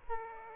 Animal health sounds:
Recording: mosquito wingbeat signal from an infrared sensor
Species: Aedes aegypti

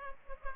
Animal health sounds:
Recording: mosquito wingbeat signal from an infrared sensor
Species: Culex pipiens

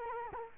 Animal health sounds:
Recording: mosquito wingbeat signal from an infrared sensor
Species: Culex quinquefasciatus

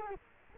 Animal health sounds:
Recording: mosquito wingbeat signal from an infrared sensor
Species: Culex quinquefasciatus

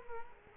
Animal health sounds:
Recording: mosquito wingbeat signal from an infrared sensor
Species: Culex quinquefasciatus

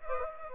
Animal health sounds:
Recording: mosquito wingbeat signal from an infrared sensor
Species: Aedes aegypti

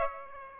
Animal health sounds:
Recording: mosquito wingbeat signal from an infrared sensor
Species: Aedes aegypti

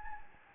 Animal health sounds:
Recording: mosquito wingbeat signal from an infrared sensor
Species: Anopheles gambiae

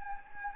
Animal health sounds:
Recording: mosquito wingbeat signal from an infrared sensor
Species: Anopheles gambiae

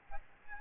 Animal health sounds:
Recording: mosquito wingbeat signal from an infrared sensor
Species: Aedes albopictus

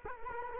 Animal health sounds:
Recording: mosquito wingbeat signal from an infrared sensor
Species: Culex quinquefasciatus

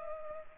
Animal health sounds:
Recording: mosquito wingbeat signal from an infrared sensor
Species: Culex pipiens

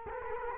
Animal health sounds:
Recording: mosquito wingbeat signal from an infrared sensor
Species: Culex quinquefasciatus

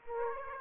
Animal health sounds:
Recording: mosquito wingbeat signal from an infrared sensor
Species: Aedes aegypti

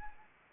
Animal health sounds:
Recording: mosquito wingbeat signal from an infrared sensor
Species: Anopheles arabiensis

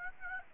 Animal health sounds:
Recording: mosquito wingbeat signal from an infrared sensor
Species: Aedes aegypti

